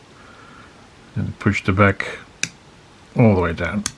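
A plastic backing washer for a safety eye is handled on the eye's stem, set through the fabric of a sewn toy, ready to be pushed all the way down until it clicks into place. Someone talks over quiet handling, with a brief sharp tick near 2.4 s. The washer has not seated or clicked yet.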